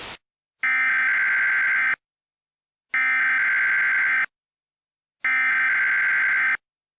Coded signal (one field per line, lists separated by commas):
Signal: Emergency Alert System (SAME) tones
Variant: header bursts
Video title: EAS Mock 18: Aurora